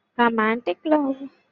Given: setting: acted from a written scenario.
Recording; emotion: vocal sound without words; romantic love